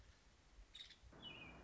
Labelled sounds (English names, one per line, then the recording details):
Nuttall's Woodpecker
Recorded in Sonoma County, California